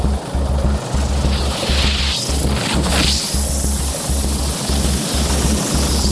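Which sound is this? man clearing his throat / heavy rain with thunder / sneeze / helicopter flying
helicopter flying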